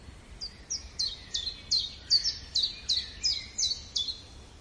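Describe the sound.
Bird giving high, clipped chirps falling in pitch, repeated about three times a second.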